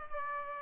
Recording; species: mosquito wingbeat signal from an infrared sensor; Aedes aegypti